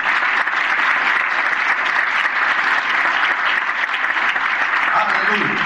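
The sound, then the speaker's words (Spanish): A church audience applauds loudly and steadily for the people listening around the world, a dense, continuous wash of clapping that holds at an even level for about six seconds without fading. “A ver, démosle un aplauso, pero fuerte, a toda la gente que nos escucha en todo el mundo.”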